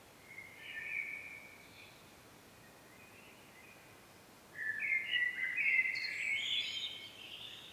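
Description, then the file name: Common blackbird: a soft phrase early on, then a louder warbled, twittering phrase rising into high squeaky notes in the second half. "Turdus merula"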